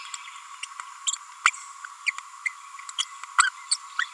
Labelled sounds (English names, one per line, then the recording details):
Green-rumped Parrotlet babbling
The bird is a female
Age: 30 days
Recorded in a nest box in Venezuela
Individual 17B42A4